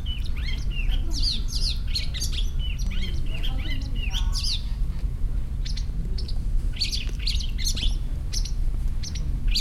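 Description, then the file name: Long-tailed shrike delivering a chattering series of rasping squawks and quick scratchy notes, dense at first, then in short spaced bursts, over a low rumble. "shrike-long-tailed -Lanius-schach"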